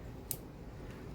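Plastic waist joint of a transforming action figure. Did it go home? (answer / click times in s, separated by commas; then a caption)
yes / 0.3 s. The plastic ratchet waist joint of an MP-50 Tigatron Masterpiece Beast Wars transforming action figure is rotated from both halves until it clicks into position. A single sharp, bright click is heard at 0.3 s over quiet background noise, with a much fainter tick near 0.9 s. The waist joint is seated.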